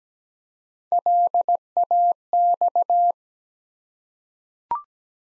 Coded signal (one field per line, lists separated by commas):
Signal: Morse code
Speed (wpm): 17 wpm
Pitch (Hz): 700 Hz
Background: none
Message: LAX